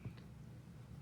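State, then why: Not seated. A metal button lock is dropped into the handle of a Piranha automatic pocketknife together with the blade while the knife is being reassembled. A brief, soft handling knock comes near the start, followed by quiet low hum and faint rustle. Nothing has seated or clicked yet.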